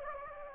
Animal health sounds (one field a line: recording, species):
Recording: mosquito wingbeat signal from an infrared sensor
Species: Anopheles gambiae